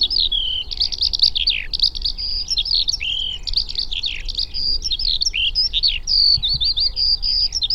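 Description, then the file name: Eurasian skylark, song: sustained high warbling with buzzy trills and clear whistled notes, delivered without pause, over a soft low background rumble. "alauda arvensis"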